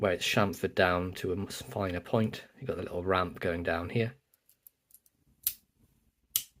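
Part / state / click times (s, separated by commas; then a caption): folding tool blade snapping into its backspring detent in a pocket knife handle / seated / 5.5 s, 6.4 s. Someone talks, then a folding tool on a Victorinox Cadet 2 Swiss Army Knife (0.2501.26), a pinned pocket knife with plastic scales, is swung open against its backspring. It gives a double snap: a sharp click at 5.5 s as it seats into the half stop, then another at 6.4 s as it snaps fully open.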